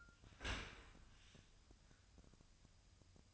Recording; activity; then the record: daily activity, microphone in the room; open dishwasher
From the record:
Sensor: 2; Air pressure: 1004.6 hPa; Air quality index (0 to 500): 102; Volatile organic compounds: 2 ppm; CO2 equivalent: 1222 ppm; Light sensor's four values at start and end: 6/15/6/6 and 6/15/6/6